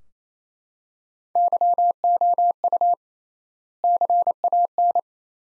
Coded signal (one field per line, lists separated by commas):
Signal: Morse code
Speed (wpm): 28 wpm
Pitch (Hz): 700 Hz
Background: none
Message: YOU CAN